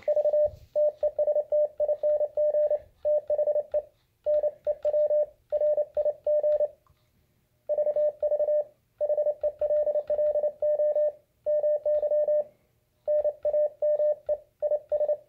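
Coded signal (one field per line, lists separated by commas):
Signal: Morse code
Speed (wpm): 28 wpm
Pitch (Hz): 600 Hz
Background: none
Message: V TESTING THE NEW RIG VV HELLO MY NAME IS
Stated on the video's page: Retrofitted Elecraft KX2 QRP transceiver.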